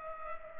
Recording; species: mosquito wingbeat signal from an infrared sensor; Culex pipiens